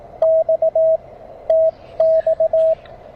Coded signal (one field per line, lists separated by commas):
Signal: Morse code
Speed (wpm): 20 wpm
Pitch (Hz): 620 Hz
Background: radio noise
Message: X TX